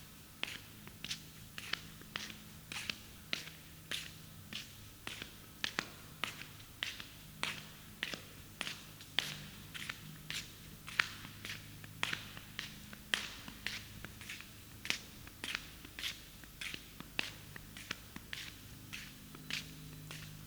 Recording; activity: daily activity, guitar pickup as the sensor; walk